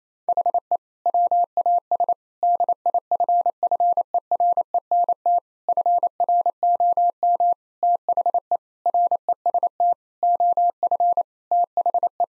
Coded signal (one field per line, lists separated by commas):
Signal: Morse code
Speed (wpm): 28 wpm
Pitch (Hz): 700 Hz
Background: none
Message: HE WAS DIFFERENT FROM THE REST OF THE